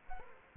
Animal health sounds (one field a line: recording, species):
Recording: mosquito wingbeat signal from an infrared sensor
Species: Culex quinquefasciatus